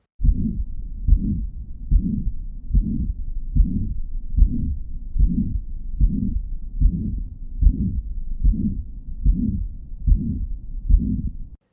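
Adult heart heard by stethoscope: the murmur of mitral regurgitation, a holosystolic plateau murmur located at the apical foci.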